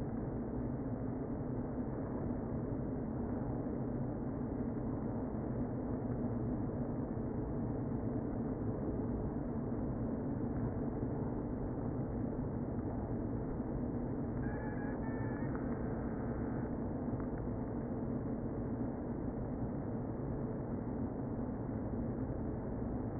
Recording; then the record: honeybee colony, microphone inside the hive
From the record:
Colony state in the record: queen present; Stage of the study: before two queens were removed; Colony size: about 60,000 bees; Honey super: yes